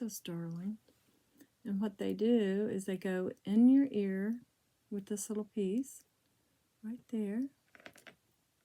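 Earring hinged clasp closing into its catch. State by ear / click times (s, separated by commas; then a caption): seated / 7.9 s. Someone talks, then closes the hinged back of a small sterling silver earring, and a few faint metallic ticks sound around 7.8 to 8.1 seconds. The metal clasp snaps shut into its catch with a click at 7.9 seconds, showing the earring is on.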